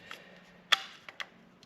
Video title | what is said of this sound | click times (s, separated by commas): Ruger PC Charger build... | so to put that in you got to press the magazine release and then it kind of locks in place | 0.7 s